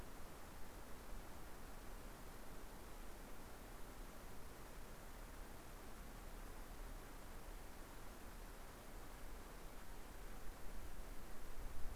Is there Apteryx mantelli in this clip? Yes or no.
no